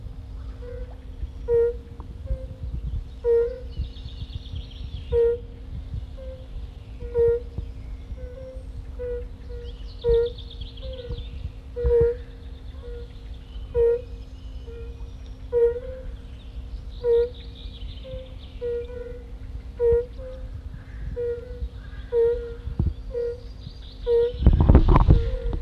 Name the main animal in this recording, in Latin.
Bombina bombina